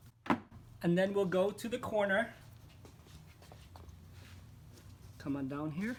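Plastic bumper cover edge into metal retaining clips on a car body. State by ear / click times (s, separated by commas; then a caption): seated / 0.3 s. On a 2006–2011 Civic Coupe, the second section of the plastic front bumper cover edge is slid in below the little metal retaining clips on the car body and gives a single sharp snap at 0.3 s as it seats in place. Someone then talks.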